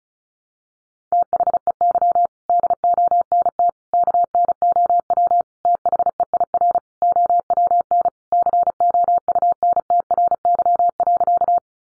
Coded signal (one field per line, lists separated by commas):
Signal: Morse code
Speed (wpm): 34 wpm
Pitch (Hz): 700 Hz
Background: none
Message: THEY DONT KNOW THEIR OWN COUNTRY.